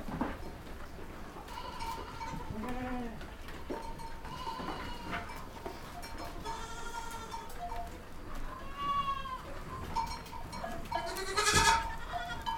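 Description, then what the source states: Goats bleat intermittently, short wavering cries over a steady hum, with a sharp knock near the end. Goats recorded in a goat stable.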